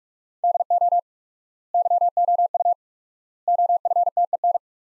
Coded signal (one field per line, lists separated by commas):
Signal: Morse code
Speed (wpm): 46 wpm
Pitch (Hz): 700 Hz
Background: none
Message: DO YOU OFTEN